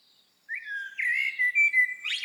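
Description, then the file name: Common blackbird song: one drawn-out fluty phrase that wavers and rises, ending in a brief high scratchy twitter. "Turdus merula"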